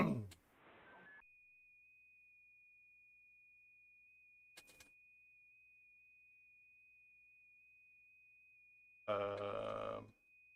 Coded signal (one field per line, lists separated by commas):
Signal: FT8